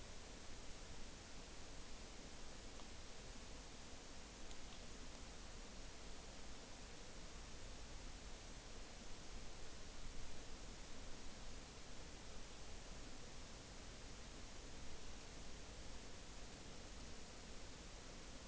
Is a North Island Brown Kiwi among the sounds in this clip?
no